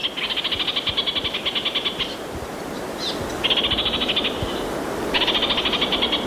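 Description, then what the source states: Orange-fronted parakeet giving fast rattling chatter in three bursts, separated by brief gaps over low hiss. Played on a radio broadcast; known in Māori as Kākāriki Karaka.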